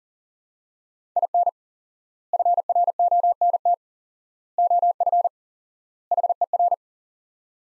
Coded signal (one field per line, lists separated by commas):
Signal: Morse code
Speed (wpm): 40 wpm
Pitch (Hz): 700 Hz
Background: none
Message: IN FRONT OF HER